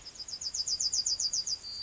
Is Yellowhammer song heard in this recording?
yes